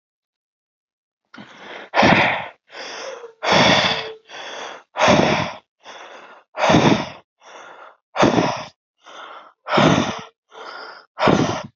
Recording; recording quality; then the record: shallow breathing; excellent, no background noise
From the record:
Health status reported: healthy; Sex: male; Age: 38 years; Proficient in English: yes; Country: India